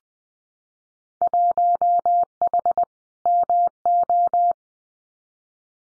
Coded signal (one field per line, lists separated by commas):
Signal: Morse code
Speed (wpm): 20 wpm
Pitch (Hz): 700 Hz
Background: none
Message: 1H MO